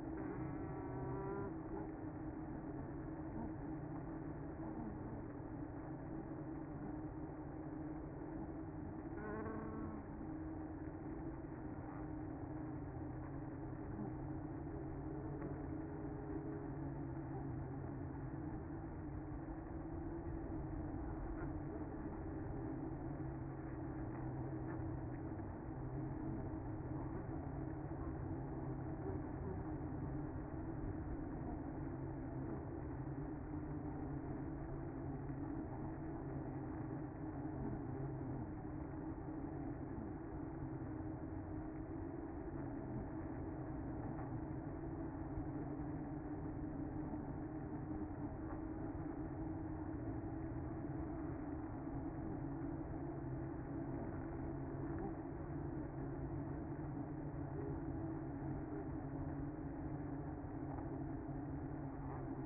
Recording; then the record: honeybee colony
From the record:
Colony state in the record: active